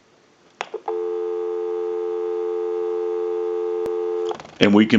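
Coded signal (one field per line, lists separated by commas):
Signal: telephone call progress tone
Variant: North America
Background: speech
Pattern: dial tone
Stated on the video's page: Heard on a Western Electric 554 rotary telephone during checkout and repair conversion.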